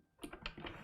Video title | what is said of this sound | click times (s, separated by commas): Live: I ordered a NEW MSI X570 Gaming Edge WiFi motherboard from Amazon and this is what I got.... | need to make sure that's all the way in i kind of just heard it click click did you hear it yeah | 0.5 s, 0.7 s